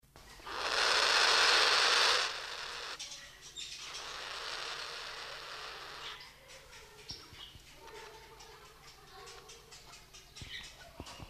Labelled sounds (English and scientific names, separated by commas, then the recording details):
Spotted Thick-knee (Burhinus capensis) defence call
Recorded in captivity
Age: adult
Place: Zoo Berlin, Berlin, DE
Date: 1991-06-03
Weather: cloudy, 12-15°C
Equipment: Marantz, Sennheiser ME 80, Kopie Tesla B 116
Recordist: Tembrock, Günter